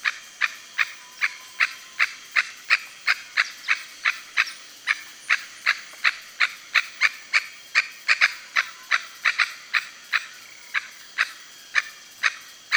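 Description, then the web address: Red-necked aracari giving a long run of short, sharp, piercing notes, roughly three each second, with brief irregular gaps. "Red necked aracari. صدای-پرنده-پرزبان-گردنسرخ"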